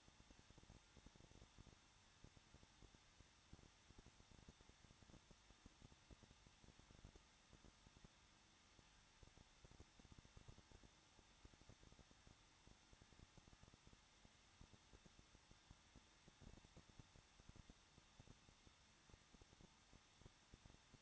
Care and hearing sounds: daily activity, microphone in the room; no activity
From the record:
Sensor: 3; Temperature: 21.2 degrees Celsius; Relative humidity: 36.3%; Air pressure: 1006.3 hPa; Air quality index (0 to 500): 222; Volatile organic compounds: 42 ppm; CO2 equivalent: 3178 ppm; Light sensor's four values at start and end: 2/3/2/2 and 2/3/2/2

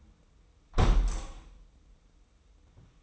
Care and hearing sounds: daily activity, microphone in the room; close window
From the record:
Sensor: 1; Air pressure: 990.3 hPa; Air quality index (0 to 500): 172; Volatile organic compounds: 1000 ppm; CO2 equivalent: 6315 ppm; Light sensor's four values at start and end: 22/50/21/23 and 22/48/21/22

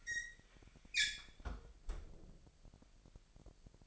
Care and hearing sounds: daily activity, microphone in the room; close fridge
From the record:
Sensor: 5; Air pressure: 1002.1 hPa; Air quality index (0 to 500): 218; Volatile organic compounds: 25 ppm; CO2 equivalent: 2839 ppm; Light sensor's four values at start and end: 10/24/10/11 and 9/22/9/10

